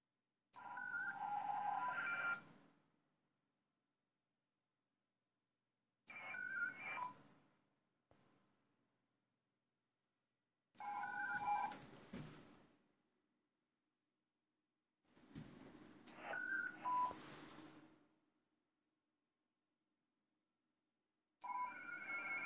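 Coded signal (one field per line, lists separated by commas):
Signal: HF data modem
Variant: ARDOP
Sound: five short bursts of warbling stepped tones separated by silent pauses, like back-and-forth exchanges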